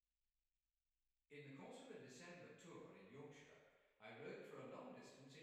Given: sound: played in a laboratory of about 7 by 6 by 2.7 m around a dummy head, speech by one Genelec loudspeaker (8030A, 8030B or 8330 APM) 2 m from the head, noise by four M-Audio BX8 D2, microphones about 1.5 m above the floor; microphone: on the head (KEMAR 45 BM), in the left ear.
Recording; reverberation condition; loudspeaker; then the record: male speech in English; high; 90 degrees to the right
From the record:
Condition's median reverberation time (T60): about 1300 ms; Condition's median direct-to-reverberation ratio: about -4.0 dB